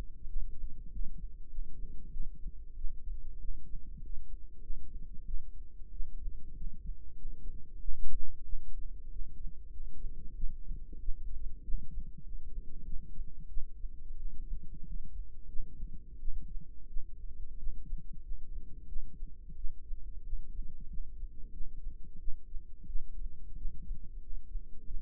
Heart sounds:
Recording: heart sounds by microphone in the right ear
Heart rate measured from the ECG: 93 bpm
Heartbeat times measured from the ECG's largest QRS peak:
0.26 s: heartbeat
0.89 s: heartbeat
1.48 s: heartbeat
2.10 s: heartbeat
2.74 s: heartbeat
3.38 s: heartbeat
3.99 s: heartbeat
4.59 s: heartbeat
5.23 s: heartbeat
5.90 s: heartbeat
6.53 s: heartbeat
7.15 s: heartbeat
7.78 s: heartbeat
8.42 s: heartbeat
9.09 s: heartbeat
9.69 s: heartbeat
10.33 s: heartbeat
10.98 s: heartbeat
11.61 s: heartbeat
12.21 s: heartbeat
12.82 s: heartbeat
13.46 s: heartbeat
14.14 s: heartbeat
14.83 s: heartbeat
15.46 s: heartbeat
16.17 s: heartbeat
16.86 s: heartbeat
17.56 s: heartbeat
18.20 s: heartbeat
18.85 s: heartbeat
19.54 s: heartbeat
20.22 s: heartbeat
20.87 s: heartbeat
21.50 s: heartbeat
22.17 s: heartbeat
22.84 s: heartbeat
23.54 s: heartbeat
24.19 s: heartbeat
24.83 s: heartbeat
From the record:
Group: healthy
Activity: rest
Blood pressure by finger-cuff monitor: 116/63 mmHg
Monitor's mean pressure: 81 mmHg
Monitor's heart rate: 94 bpm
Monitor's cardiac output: 8.6 L/min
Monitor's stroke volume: 91 mL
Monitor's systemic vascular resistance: 660 dyn s/cm5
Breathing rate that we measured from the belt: 21 breaths a minute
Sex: female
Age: 26 years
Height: 165 cm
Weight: 55 kg

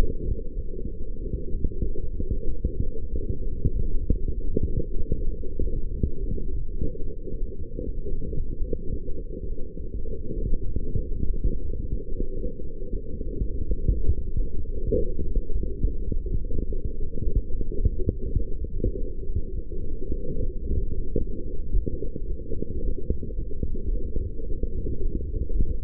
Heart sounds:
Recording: heart sounds by stethoscope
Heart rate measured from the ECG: 103 bpm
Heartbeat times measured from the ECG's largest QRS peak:
0.55 s: heartbeat
1.19 s: heartbeat
1.82 s: heartbeat
2.46 s: heartbeat
3.10 s: heartbeat
3.72 s: heartbeat
4.34 s: heartbeat
4.95 s: heartbeat
5.58 s: heartbeat
6.20 s: heartbeat
6.79 s: heartbeat
7.40 s: heartbeat
8.00 s: heartbeat
8.58 s: heartbeat
9.17 s: heartbeat
9.75 s: heartbeat
10.34 s: heartbeat
10.92 s: heartbeat
11.48 s: heartbeat
12.04 s: heartbeat
12.62 s: heartbeat
13.21 s: heartbeat
13.79 s: heartbeat
14.37 s: heartbeat
14.95 s: heartbeat
15.52 s: heartbeat
16.09 s: heartbeat
16.66 s: heartbeat
17.23 s: heartbeat
17.81 s: heartbeat
18.37 s: heartbeat
18.94 s: heartbeat
19.50 s: heartbeat
20.07 s: heartbeat
20.62 s: heartbeat
21.17 s: heartbeat
21.71 s: heartbeat
22.26 s: heartbeat
22.81 s: heartbeat
23.35 s: heartbeat
23.90 s: heartbeat
24.44 s: heartbeat
24.99 s: heartbeat
25.52 s: heartbeat
From the record:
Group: healthy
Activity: light exercise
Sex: female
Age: 19 years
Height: 163 cm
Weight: 51 kg

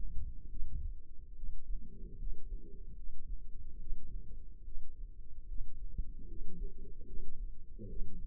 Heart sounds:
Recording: heart sounds by microphone in the left ear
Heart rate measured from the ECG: 73 bpm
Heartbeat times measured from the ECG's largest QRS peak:
0.49 s: heartbeat
1.35 s: heartbeat
2.17 s: heartbeat
2.95 s: heartbeat
3.79 s: heartbeat
4.64 s: heartbeat
5.47 s: heartbeat
6.27 s: heartbeat
7.05 s: heartbeat
7.88 s: heartbeat
From the record:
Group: healthy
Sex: female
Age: 22 years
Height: 160 cm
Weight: 63 kg

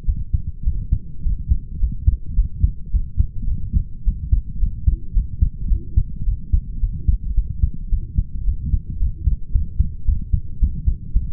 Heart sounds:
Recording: heart sounds by stethoscope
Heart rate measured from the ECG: 108 bpm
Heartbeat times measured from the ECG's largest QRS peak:
0.06 s: heartbeat
0.64 s: heartbeat
1.23 s: heartbeat
1.80 s: heartbeat
2.36 s: heartbeat
2.92 s: heartbeat
3.49 s: heartbeat
4.05 s: heartbeat
4.60 s: heartbeat
5.14 s: heartbeat
5.69 s: heartbeat
6.25 s: heartbeat
6.81 s: heartbeat
7.35 s: heartbeat
7.90 s: heartbeat
8.46 s: heartbeat
9.00 s: heartbeat
9.53 s: heartbeat
10.06 s: heartbeat
10.60 s: heartbeat
11.13 s: heartbeat
From the record:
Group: healthy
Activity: light exercise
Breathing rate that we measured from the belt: 27 breaths a minute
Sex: male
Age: 22 years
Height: 181 cm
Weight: 60 kg

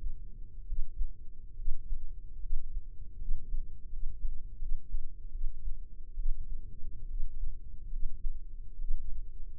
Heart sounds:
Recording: heart sounds by microphone in the left ear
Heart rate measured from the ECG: 74 bpm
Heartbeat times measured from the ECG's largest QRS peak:
0.64 s: heartbeat
1.54 s: heartbeat
2.38 s: heartbeat
3.16 s: heartbeat
3.88 s: heartbeat
4.57 s: heartbeat
5.29 s: heartbeat
6.14 s: heartbeat
7.05 s: heartbeat
7.88 s: heartbeat
8.76 s: heartbeat
From the record:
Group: healthy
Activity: rest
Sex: female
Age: 23 years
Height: 160 cm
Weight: 50.4 kg

